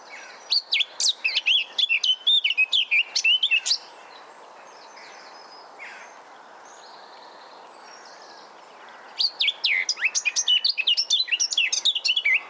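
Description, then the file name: Eurasian blackcap song: two bursts of quick, varied warbling chirps and whistles, each lasting about three seconds, separated by a quiet gap with faint background notes. "Sylvia atricapilla"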